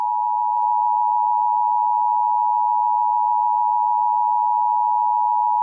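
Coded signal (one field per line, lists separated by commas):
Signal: Emergency Alert System (SAME) tones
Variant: 853 and 960 Hz attention tone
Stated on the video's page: Unfinished fictional EAS scenario about spikes coming out of the ground.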